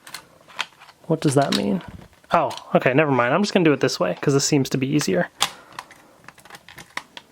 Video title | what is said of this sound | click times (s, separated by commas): MOGA Mobile Gaming Clip Review [Xbox Cloud Gaming - 1/2] | did it lock into place i didn't hear a lock | none